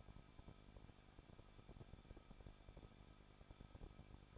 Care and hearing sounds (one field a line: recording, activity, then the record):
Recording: daily activity, microphone in the room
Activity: no activity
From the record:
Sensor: 5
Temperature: 20.9 degrees Celsius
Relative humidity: 38.3%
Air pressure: 1006.4 hPa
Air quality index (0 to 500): 190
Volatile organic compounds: 20 ppm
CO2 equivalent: 2673 ppm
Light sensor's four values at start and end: 2/3/1/1 and 2/3/1/1